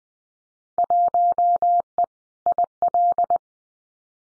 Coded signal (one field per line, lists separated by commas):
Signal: Morse code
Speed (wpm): 20 wpm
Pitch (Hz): 700 Hz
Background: none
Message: 1E IL